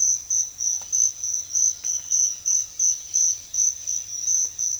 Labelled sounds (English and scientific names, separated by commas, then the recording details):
none
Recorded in secondary vegetation near Puerto Asís, Putumayo, Colombia, on 23 June 2025 at 06:30
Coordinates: 0.500, -76.326
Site GP08